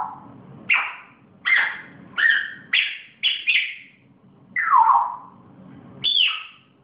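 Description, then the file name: Grey parrot making bursts of bright whistled notes, some falling in pitch, several calls in succession over a faint background hum. Pet grey parrot named Zoro; its first sounds. "moy zoro zhako popugay pervye zvuki"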